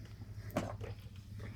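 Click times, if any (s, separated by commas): 0.6 s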